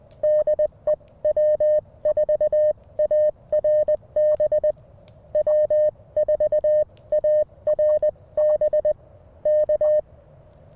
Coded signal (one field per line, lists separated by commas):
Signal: Morse code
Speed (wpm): 20 wpm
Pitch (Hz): 610 Hz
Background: none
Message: DE W4ARB W4ARB K